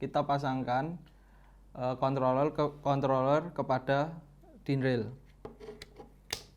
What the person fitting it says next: cukup mudah tinggal kita tekan ke bagian dindingnya dan dia sudah terkunci